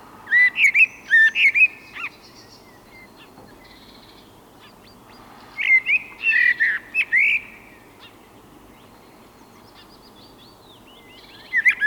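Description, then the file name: Eurasian blackbird song in separate warbled, fluty phrases several seconds apart, the last cut off at the end, over a quiet background. "koltrast"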